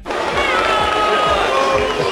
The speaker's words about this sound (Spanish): Y te preguntarás, ¿y por qué este abucheo? Pues porque he escuchado el single y es una puta patata.